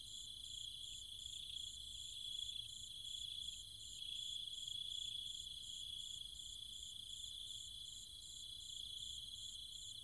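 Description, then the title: Cicada chorus at night: steady high buzzing with rapid rhythmic pulses above. Cicadas and other insects calling at night in trees and fields, Chiang Mai, Thailand. "Cicada countryside, Thailand"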